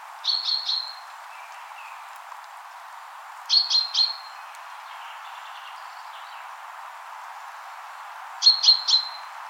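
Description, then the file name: Common chaffinch calls: three bursts of rapid, high, clipped notes, separated by long quiet gaps with faint background hiss. "Fringilla coelebs"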